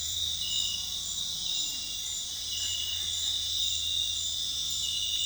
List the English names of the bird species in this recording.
none